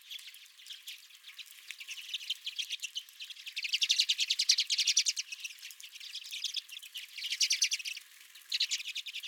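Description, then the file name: Redpolls giving rapid chattering calls, with louder buzzy trills swelling midway and near the end. Redpolls at the recordist's feeder. "Redpolls at My Feeder"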